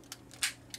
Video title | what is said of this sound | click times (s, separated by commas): Transformers Titans Return Voyager Class OPTIMUS PRIME Video Review | this whole section pulls out, but you want to make sure you pull it all the way until you hear it click into place. | 0.4 s